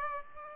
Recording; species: mosquito wingbeat signal from an infrared sensor; Aedes aegypti